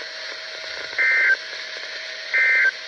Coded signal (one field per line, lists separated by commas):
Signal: Emergency Alert System (SAME) tones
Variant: end-of-message bursts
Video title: The spirit is coming back!!! EAS Alerts from 6/22/19 (EAS #2,786 - 2,809)